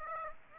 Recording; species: mosquito wingbeat signal from an infrared sensor; Aedes aegypti